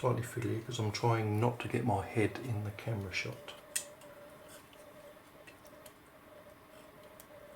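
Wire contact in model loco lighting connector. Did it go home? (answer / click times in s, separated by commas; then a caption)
released / 3.8 s. Someone talks while working a wire contact loose from the plastic connector housing on the lighting board of a Heljan O gauge Class 60 model locomotive. A sharp click at 3.8 s marks the terminal popping out of the connector, followed by a few faint ticks against a quiet background.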